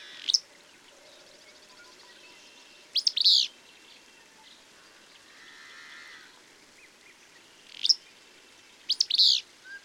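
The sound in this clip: Bird song: high chirped phrases repeated a few times, with fainter sounds between.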